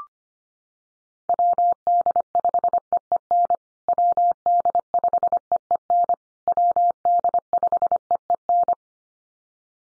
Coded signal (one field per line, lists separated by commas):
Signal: Morse code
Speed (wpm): 25 wpm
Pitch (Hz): 700 Hz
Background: none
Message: WD5EEN WD5EEN WD5EEN